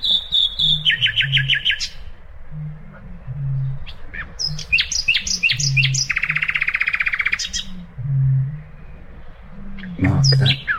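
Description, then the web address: Common nightingale singing varied phrases: a drawn-out whistle, fast stuttering note runs, a buzzy rattling trill, with low humming sounds underneath. "birdsong nightingale"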